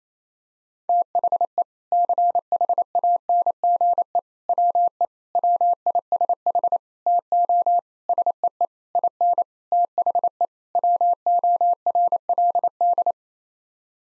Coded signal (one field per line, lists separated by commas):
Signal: Morse code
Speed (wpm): 27 wpm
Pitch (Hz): 700 Hz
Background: none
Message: THE CHANGE WE WISH TO SEE IN THE WORLD